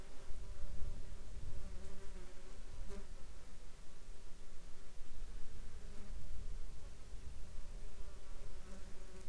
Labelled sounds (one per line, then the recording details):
insects
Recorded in the Arctic National Wildlife Refuge, Alaska, on 17 July 2021 at 09:54
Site 33